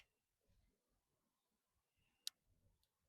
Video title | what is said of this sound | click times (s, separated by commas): Mastering Wire Crimping: Ultimate Guide with Klein Tools | So you push it in till you hear that audible click. | 2.3 s